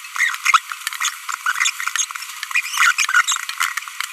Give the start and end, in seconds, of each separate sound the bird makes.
0.16-0.35, 0.46-0.58, 1.01-1.08, 2.74-2.92, 2.99-3.22